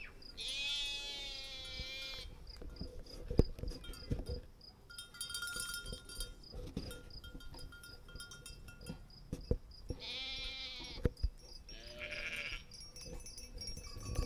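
Sheep bleating: a long wavering bleat near the start, then two shorter bleats close together near the end, over a low rumble and scattered clicks.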